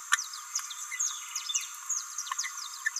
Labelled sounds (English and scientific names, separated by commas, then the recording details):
Green-rumped Parrotlet (Forpus passerinus) babbling
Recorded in a nest box in Venezuela
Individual 18B17A4